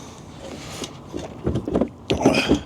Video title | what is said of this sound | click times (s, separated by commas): 🚲 Thule EasyFold XT 2-Bike Hitch Rack on Tesla Model 3 — Full Installation + Ramp + Test Drive! | There, it is in. Did you hear it click? | 2.1 s